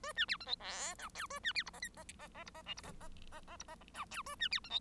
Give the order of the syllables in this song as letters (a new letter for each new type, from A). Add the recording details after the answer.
A B C D E F G H A B C I J K J J J I J L I J J J J I J G H A B C D E. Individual Bird1